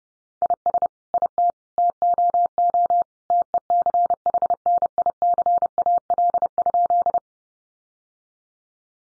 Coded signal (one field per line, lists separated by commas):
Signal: Morse code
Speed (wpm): 30 wpm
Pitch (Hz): 700 Hz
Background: none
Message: IS IT TOO TECHNICAL?